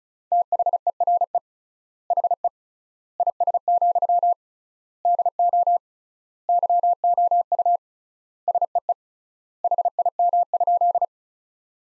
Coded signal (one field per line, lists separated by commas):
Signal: Morse code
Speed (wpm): 36 wpm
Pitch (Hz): 700 Hz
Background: none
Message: THERE HE IS, DO YOU SEE HIM?